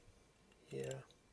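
During reassembly of a Leica Summicron-R 1:2 / 50mm lens, being re-greased with Liqui Moly LM47 because of a very stiff focus ring, a lens assembly part is handled as it is fitted back into the lens barrel. Someone talks briefly from about 0.7 to 1.0 s against a quiet background. The part has not seated or clicked into place yet.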